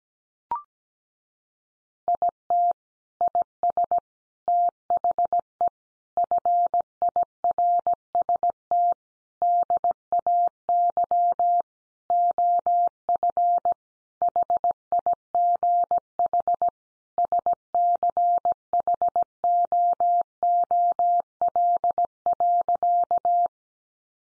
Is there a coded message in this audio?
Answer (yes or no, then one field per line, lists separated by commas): yes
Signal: Morse code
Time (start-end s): 2.1-23.5 s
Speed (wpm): 17 wpm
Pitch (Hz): 700 Hz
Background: none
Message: IT IS THE FIRST DAY OF HIGH SCHOOL.